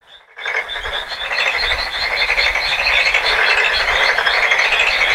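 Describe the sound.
Frogs croaking in a dense, steady chorus of rapid rattling calls that builds up within the first second and continues throughout, with a faint low rumble underneath.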